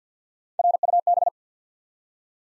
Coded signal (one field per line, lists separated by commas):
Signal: Morse code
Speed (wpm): 50 wpm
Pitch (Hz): 700 Hz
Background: none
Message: RUB